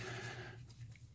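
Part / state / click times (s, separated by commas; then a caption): wiring harness plug onto ignition coil / not seated / none. A wiring harness plug is being slid onto a new Audi ignition coil, with quiet handling and rustling over a steady low hum that fades slightly toward the end. The plug has not snapped into place yet, and nothing has seated or clicked.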